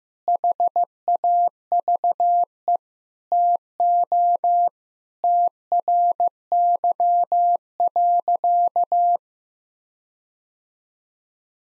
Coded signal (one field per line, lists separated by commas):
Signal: Morse code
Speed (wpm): 15 wpm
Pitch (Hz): 700 Hz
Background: none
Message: HAVE TO TRY.